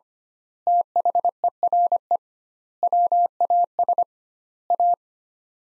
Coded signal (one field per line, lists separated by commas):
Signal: Morse code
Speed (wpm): 25 wpm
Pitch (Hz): 700 Hz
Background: none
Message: THERE WAS A